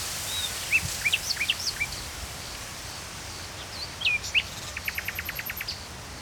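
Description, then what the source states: Common nightingale phrase of slurred whistles and sharp notes, then a fast even series of repeated notes, with a very high thin series above, over low background noise. Recorded at Saint-Chamas, Provence-Alpes-Côte d'Azur, France, just before nightfall, with other birds present; trill phrases; recorded with a MixPre 3 II recorder.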